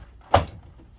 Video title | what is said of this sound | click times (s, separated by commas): Dixell Thermostat Freezer Controller Repair/Replace | it snaps back into place okay | 0.3 s